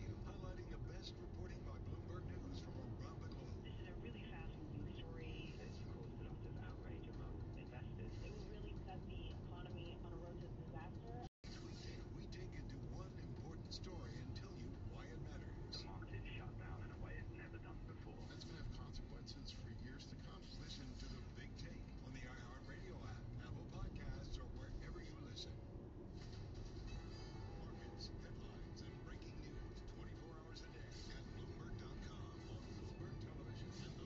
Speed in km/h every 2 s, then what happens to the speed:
41, 40, 40, 41, 41, 39, 37, 38, 36, 36, 35, 32, 24, 24, 34, 38, 40.
0-19 steady at about 39. 19-24 slows to 24. 26-34 speeds up to 40.